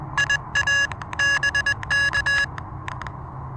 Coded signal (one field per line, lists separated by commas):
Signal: Morse code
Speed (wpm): 20 wpm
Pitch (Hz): 1700 Hz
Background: none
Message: IA BK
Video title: Elecraft KH1: A little back yard pedestrian mobile POTA hunting